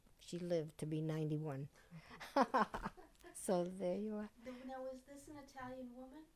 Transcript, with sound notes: she lived to be ninety-one. ( they laugh ) So there you are.
Now, was this an Italian woman.